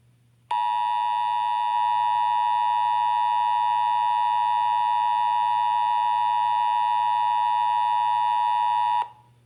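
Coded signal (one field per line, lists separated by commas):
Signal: Emergency Alert System (SAME) tones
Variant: 853 and 960 Hz attention tone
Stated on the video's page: Valid SAME tones from a North Carolina Required Monthly Test, relayed via Open CAP.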